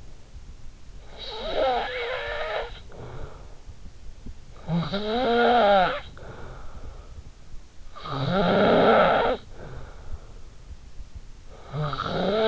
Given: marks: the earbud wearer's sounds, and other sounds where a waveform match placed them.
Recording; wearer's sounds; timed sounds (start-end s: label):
sounds in sleep by an in-ear microphone; snoring breath
0.00-12.48 s: snoring breath